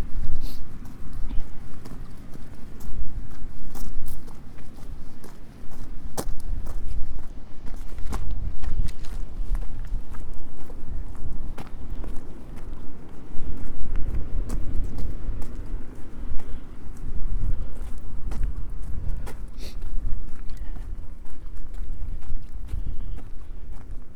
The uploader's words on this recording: Today's walk is from Crackington Haven to Boscastle along the South West Coast Path.